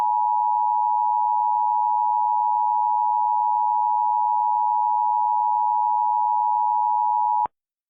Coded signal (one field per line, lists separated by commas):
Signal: Emergency Alert System (SAME) tones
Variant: 853 and 960 Hz attention tone